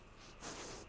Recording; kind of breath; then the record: one breath in and out by a microphone near the nose and mouth; strong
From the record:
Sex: female